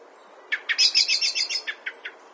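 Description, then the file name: Common blackbird giving a fast scolding chatter of sharp notes, several run together, then three slower separate chinks. "Turdus merula"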